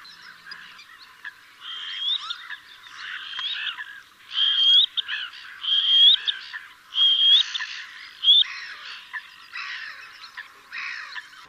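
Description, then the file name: Little grebe: repeated high sustained notes with upturned ends, mixed with busier chattering sounds. "Svasso Piccolo"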